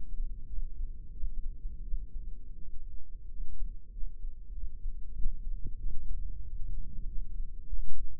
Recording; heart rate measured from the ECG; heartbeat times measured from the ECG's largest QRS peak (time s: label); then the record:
heart sounds by microphone in the right ear; 92 bpm
0.49 s: heartbeat
1.14 s: heartbeat
1.84 s: heartbeat
2.58 s: heartbeat
3.30 s: heartbeat
3.93 s: heartbeat
4.54 s: heartbeat
5.14 s: heartbeat
5.78 s: heartbeat
6.45 s: heartbeat
7.08 s: heartbeat
7.69 s: heartbeat
From the record:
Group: healthy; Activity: rest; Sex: female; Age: 22 years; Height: 161 cm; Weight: 65.5 kg